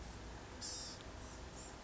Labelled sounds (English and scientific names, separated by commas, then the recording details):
Blue-gray Gnatcatcher (Polioptila caerulea)
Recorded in Sonoma County, California